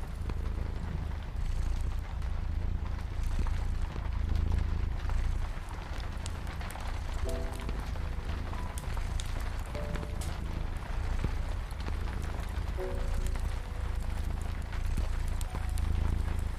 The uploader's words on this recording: You also hear the sound of crackling fireplace and cat purring softly with soothing piano in the background.